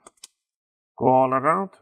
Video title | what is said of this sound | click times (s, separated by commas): HP Pavilion X360 13 S101 Repaste Service & Cleaning 🎇 | bring it over and now you're going to snap the pinch the top and the bottom cover all around | 0.1 s, 0.2 s